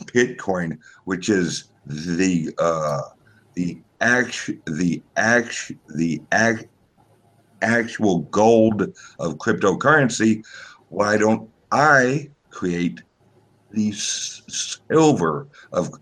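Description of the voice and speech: An adult man speaks in a low voice with repeated part-word restarts ("the... act... the... act... the... actual"), stretched sounds and long pauses breaking up the phrases. These stuttering-like disfluencies fit a speech impediment.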